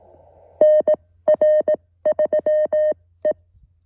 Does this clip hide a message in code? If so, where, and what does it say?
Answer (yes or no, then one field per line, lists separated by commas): yes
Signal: Morse code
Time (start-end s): 0.6-3.3 s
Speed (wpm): 18 wpm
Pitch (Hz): 1850 Hz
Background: none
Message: NR3E